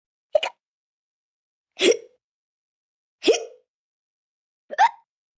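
Four separate hiccups from an adult, spaced about 1.4 seconds apart at a slightly irregular rhythm. Each is a short, sharp vocal burst followed by silence.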